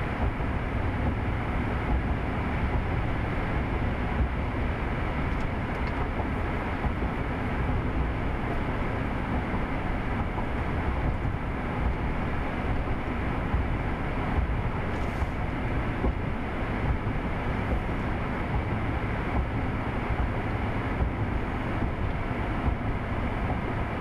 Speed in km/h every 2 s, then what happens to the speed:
79, 81, 79, 79, 77, 77, 77, 79, 79, 79, 77, 77.
0-24 steady at about 79.